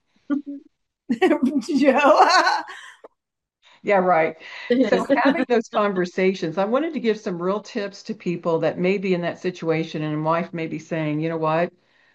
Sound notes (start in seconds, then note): 1.2 laughs; 4.6 laughs